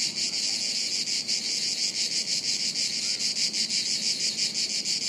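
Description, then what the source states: Cicada chorus, a loud continuous high buzz throbbing in quick regular pulses, several insects overlapping. Chorus of cicadas high in the trees, woods near Sirolo, Italy, hot afternoon, August 23.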